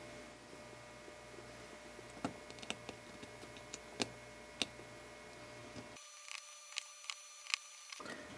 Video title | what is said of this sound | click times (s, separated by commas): #390 Kit Build: CFT1 5-band CW Field Transceiver - build / adjust / align / test | so they should snap right into the board and hold themselves in place when you solder them on the opposite side | 2.7 s, 4.0 s, 4.6 s, 6.8 s, 7.1 s, 7.5 s